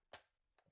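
The release button on a Ninja Foodi Power Blender & Processor System motor base is pressed to unlock the attached plastic processor bowl. A short, sharp click sounds at 0.1 s, followed by a few softer knocks near 0.6–0.7 s. The bowl is released.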